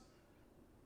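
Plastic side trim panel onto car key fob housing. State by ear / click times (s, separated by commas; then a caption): not seated / none. A plastic side trim panel for a Porsche car key remote is handled against the fob housing, hooked in at the front before being pressed down at the back. Only faint, steady low handling noise is heard, with no sharp click. Nothing has seated or clicked yet.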